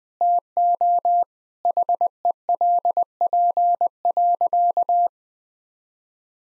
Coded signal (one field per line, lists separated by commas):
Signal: Morse code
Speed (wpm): 20 wpm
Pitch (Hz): 700 Hz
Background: none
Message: TO HELP.